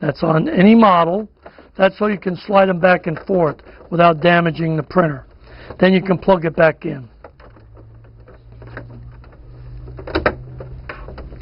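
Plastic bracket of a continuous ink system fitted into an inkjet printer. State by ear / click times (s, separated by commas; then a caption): seated / 10.3 s. Someone talks for the first seven seconds, then quieter plastic handling sounds follow while a part of a continuous ink system, likely a small plastic bracket, is pressed into place inside an HP Envy inkjet printer (5640, 5660, 5665, 7640, 7645 or 8000 series, using HP 62 cartridges). A sharp snap at 10.3 s marks the bracket seating.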